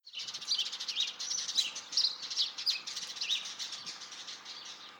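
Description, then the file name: House sparrow calls: a busy stream of rapid, overlapping chirps, several per second, continuing without pause throughout. "Passer domesticus"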